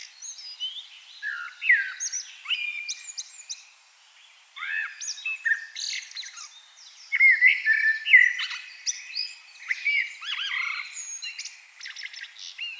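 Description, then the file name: Common blackbird song, a dense run of warbled mid-pitched phrases with squeaky high flourishes, coming in bursts through most with a short pause near four seconds. "Turdus merula"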